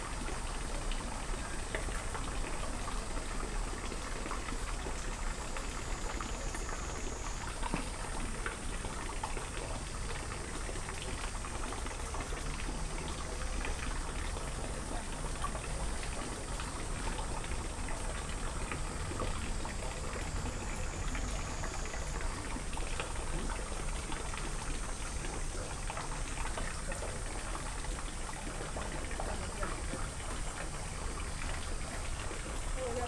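A field recording from Kyoto, Japan: a steady, dense wash of sound runs the whole time with a low rumble underneath, like traffic or machinery. A thin high whine hangs on top, dipping briefly near 7 and 22 seconds before settling back.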